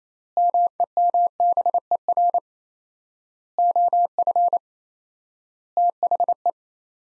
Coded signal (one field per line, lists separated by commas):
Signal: Morse code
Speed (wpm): 28 wpm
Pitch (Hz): 700 Hz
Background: none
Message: MEMBER OF THE